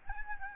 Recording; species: mosquito wingbeat signal from an infrared sensor; Aedes albopictus